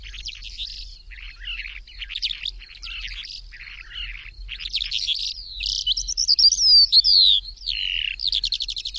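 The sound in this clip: Bird twittering in rapid, varied phrases of chirps and buzzy notes, growing louder after the midpoint with sliding whistles and a quick rattling trill near the end.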